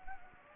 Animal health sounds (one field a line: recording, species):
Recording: mosquito wingbeat signal from an infrared sensor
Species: Anopheles gambiae